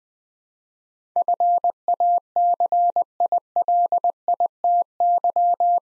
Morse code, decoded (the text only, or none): FACILITY